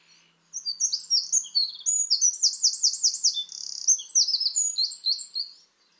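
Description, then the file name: Eurasian wren song, one continuous five-second burst of shrill rapid trills and chattering notes, very high and energetic. "Troglodytes troglodytes"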